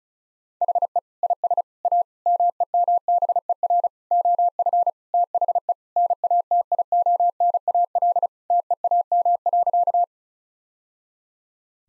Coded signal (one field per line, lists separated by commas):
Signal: Morse code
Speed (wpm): 36 wpm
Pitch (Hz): 700 Hz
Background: none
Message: HE IS A MEMBER OF THE NATIONAL TEAM.